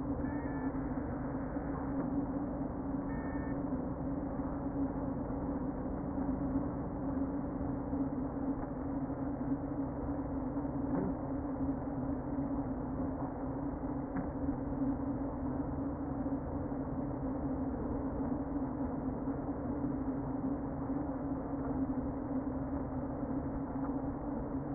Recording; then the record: honeybee colony, microphone inside the hive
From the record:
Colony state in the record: queen present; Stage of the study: before two queens were removed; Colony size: about 60,000 bees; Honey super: yes